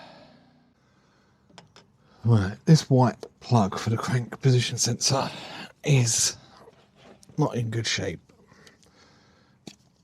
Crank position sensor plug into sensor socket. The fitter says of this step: doesn't lock into place and I